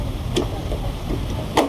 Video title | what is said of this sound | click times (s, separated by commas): Volvo Xc40 How to replace door window glass? Car body Repair Denting and painting | yan lock na yan siya din. | 0.4 s